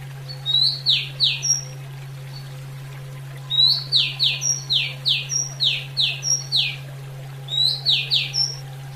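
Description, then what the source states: Oriental magpie-robin song in three bursts of rapid, steeply falling whistled notes, each burst opened by a short rising whistle, with a steady low hum behind. Female bird.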